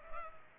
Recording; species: mosquito wingbeat signal from an infrared sensor; Culex pipiens